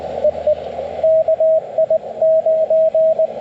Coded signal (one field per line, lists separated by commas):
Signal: Morse code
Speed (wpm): 21 wpm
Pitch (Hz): 600 Hz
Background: radio noise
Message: EE KI9